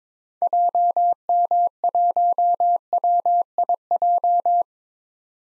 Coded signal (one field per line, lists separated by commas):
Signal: Morse code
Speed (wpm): 22 wpm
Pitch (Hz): 700 Hz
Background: none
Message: JM1WIJ